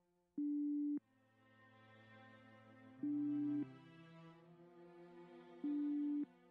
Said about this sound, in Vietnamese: Điện thoại lúc này vẫn còn đang đổ chuông nhưng không thấy Phú bắt máy.